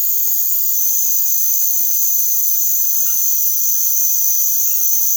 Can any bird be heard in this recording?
no